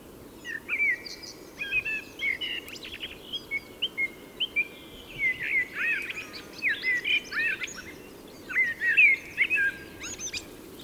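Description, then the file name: Common blackbird giving short whistled and warbled phrases, repeated in bursts throughout, over a steady low background hiss. "Turdus merula"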